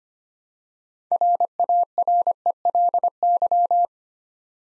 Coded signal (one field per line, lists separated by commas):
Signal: Morse code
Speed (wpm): 25 wpm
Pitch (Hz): 700 Hz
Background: none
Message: RARELY